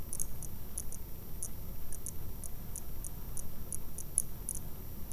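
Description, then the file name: Risso's dolphin clicks slowed down: many high ticks repeating irregularly over a steady low rushing noise. Slowed down four times; second excerpt. "DAUPHIN RISSO extrait 2 ralenti 4 fois"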